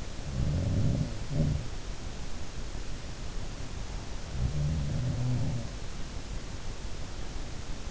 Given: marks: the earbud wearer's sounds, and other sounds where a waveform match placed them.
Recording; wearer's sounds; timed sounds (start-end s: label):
sounds in sleep by an in-ear microphone; breath
0.22-1.92 s: sound from someone else or the room
3.70-5.74 s: breath
4.22-5.96 s: sound from someone else or the room